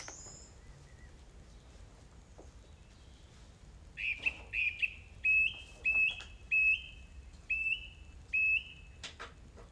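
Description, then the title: Song thrush song: a clear whistled note repeated about eight times in quick succession after four quiet seconds, with a few faint chirps before it. Recorded 4 May 2021 at 20:35. "2021-05-04 20-35-13-Song-Thursh-4 th-May-2021"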